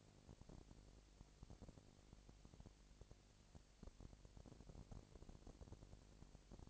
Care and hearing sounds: daily activity, microphone in the room; no activity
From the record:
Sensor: 5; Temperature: 20.1 degrees Celsius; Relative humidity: 38.3%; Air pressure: 998.9 hPa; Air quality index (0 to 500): 218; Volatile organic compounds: 24 ppm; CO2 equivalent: 2807 ppm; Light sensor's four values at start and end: 2/3/1/1 and 2/3/1/1

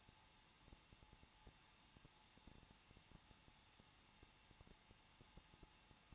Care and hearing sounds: daily activity, microphone in the room; no activity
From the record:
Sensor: 1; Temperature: 20.1 degrees Celsius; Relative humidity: 39.4%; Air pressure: 1006.4 hPa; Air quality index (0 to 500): 219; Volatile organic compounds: 81 ppm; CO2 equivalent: 3617 ppm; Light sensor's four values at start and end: 1/2/1/1 and 1/2/1/1

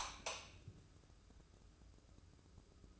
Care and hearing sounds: daily activity, microphone in the room; light on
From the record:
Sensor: 2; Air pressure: 995.2 hPa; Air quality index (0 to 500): 69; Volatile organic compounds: 2 ppm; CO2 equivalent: 1198 ppm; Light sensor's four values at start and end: 8/18/7/8 and 12/36/14/14

